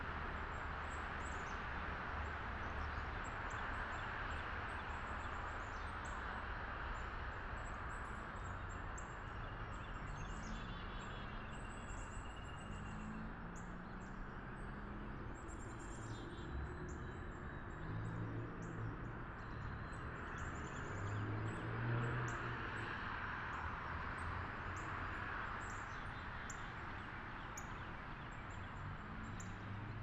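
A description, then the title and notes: Morning backyard ambience in Wakefield, Rhode Island: a steady wash of traffic hum with scattered bird chirps and tweets throughout. Morning in Wakefield Rhode Island, Backyard. Recorded on MixPre 10ii with AKG C414 XLS Matched Pair.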